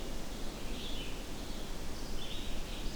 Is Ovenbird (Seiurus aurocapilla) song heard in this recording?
no